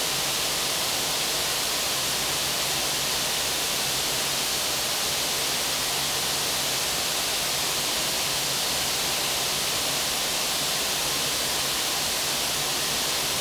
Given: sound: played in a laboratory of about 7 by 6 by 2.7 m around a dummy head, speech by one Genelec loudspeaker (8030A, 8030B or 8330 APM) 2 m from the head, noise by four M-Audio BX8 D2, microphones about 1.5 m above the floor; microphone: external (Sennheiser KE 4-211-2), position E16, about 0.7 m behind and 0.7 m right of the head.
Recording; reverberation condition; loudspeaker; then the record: white noise; high; four, about 170 cm from the corners of the room and facing them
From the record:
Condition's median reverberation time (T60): about 1300 ms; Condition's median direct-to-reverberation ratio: about -4.0 dB